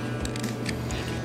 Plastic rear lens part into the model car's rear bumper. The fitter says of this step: ここにダボがあるのとあとここ下側をねバンバンの上にパチンと乗り越えてあげるとこれでロックがかかるという感じになります